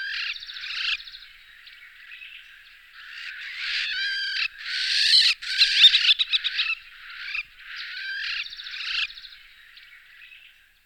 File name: Krahujec kratkoprsty Accipiter brevipes